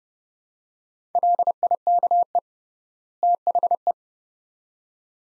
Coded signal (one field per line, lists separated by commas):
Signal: Morse code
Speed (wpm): 30 wpm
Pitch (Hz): 700 Hz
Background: none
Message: LIKE THE